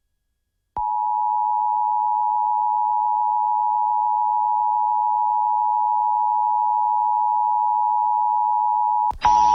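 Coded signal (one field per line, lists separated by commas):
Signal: Emergency Alert System (SAME) tones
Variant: 853 and 960 Hz attention tone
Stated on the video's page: EAS alerts received from three FM stations in central Mississippi.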